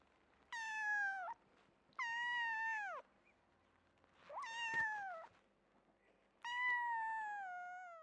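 Kitten meowing: four drawn-out, slightly falling mews separated by short pauses, the last one cut off, in an otherwise quiet background.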